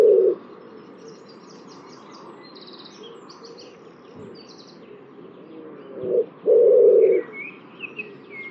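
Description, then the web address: Bird cooing deep and hollow: one coo at the start, then a short note and a longer coo near the end, with high buzzy twitters between. "cianscape birddata Deverinetal 2025 Bird Only"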